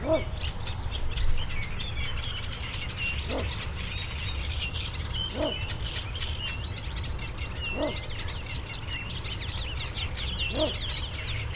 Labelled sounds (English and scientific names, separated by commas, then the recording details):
Little Bittern (Ixobrychus minutus)
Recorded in the wild
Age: adult
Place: Hobrechtsfelder Rieselfelder, Naturpark Barnim, Berlin, DE
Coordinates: 52.6683, 13.4686
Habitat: pond
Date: 2008-06-15
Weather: stark bewölkt, fast windstill, ca. 13°C
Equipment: Sound Devices 702, Sennheiser MKH 70, Windkorb
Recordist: Frommolt, Karl-Heinz